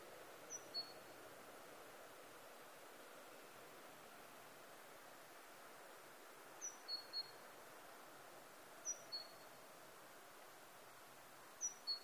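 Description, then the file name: Great tit giving high, thin call notes, usually a higher note followed by one or two lower ones, in brief bursts two to six seconds apart against a constant hiss. "Parus major"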